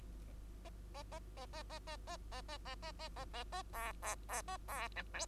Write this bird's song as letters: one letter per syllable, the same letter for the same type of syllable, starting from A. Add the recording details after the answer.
A A A A A A A A A A A A A A A A B B B A B C D. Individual Bird2